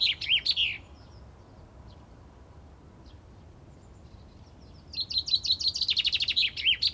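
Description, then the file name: Common chaffinch song, bright trilled phrases, one at the start and another after a pause of about four seconds. "Fringilla coelebs"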